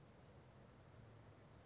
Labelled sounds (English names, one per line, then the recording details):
California Towhee
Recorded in Sonoma County, California